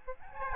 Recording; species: mosquito wingbeat signal from an infrared sensor; Aedes albopictus